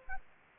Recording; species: mosquito wingbeat signal from an infrared sensor; Anopheles arabiensis